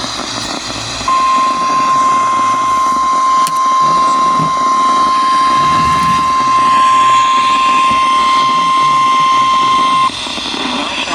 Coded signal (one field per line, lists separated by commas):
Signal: Emergency Alert System (SAME) tones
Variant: 1050 Hz attention tone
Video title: Storms for Minutes. (EAS#356-367)